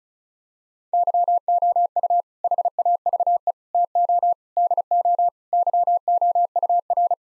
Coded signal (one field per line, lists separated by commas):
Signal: Morse code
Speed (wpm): 36 wpm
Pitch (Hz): 700 Hz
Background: none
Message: YOU HAVE TO DO YOUR